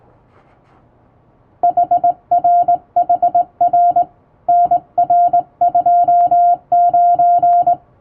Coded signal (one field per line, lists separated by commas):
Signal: Morse code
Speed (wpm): 19 wpm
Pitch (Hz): 700 Hz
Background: music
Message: HRHR NR29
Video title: 【手打ちモールス符号のトンツー教室】基本的な打ち方、正しい姿勢で縦振り電鍵で打ちました！綺麗な手打ちモールス符号で送信しよう！欧文電報練習帳を使用しています(morse code practice)